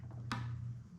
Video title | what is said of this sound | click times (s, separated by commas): A Christmas Blue Cat and how to change a reel handle on Abu Garcia 6500cs | You'll hear it pop, and that's good enough. | 0.3 s